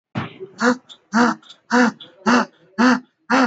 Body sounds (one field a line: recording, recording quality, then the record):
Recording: shallow breathing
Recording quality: excellent, no background noise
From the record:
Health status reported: respiratory illness, not identified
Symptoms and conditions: none ticked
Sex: male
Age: 21 years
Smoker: not ticked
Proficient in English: yes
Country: India